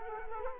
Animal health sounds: mosquito wingbeat signal from an infrared sensor; Culex quinquefasciatus

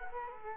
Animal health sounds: mosquito wingbeat signal from an infrared sensor; Culex quinquefasciatus

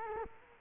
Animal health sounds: mosquito wingbeat signal from an infrared sensor; Culex quinquefasciatus

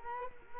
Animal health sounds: mosquito wingbeat signal from an infrared sensor; Culex quinquefasciatus

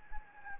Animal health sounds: mosquito wingbeat signal from an infrared sensor; Anopheles gambiae

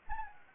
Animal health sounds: mosquito wingbeat signal from an infrared sensor; Anopheles arabiensis

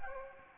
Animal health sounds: mosquito wingbeat signal from an infrared sensor; Anopheles gambiae

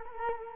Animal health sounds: mosquito wingbeat signal from an infrared sensor; Culex quinquefasciatus

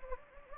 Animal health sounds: mosquito wingbeat signal from an infrared sensor; Anopheles gambiae

